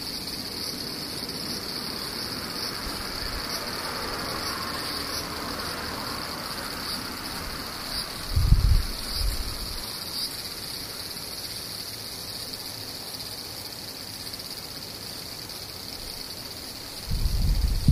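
Cicadas drone steadily throughout, a dense, unbroken high buzz with a thinner shimmer above it. Around the middle and again near the end, short low rumbles break in, like wind gusts or something passing.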